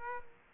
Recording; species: mosquito wingbeat signal from an infrared sensor; Aedes aegypti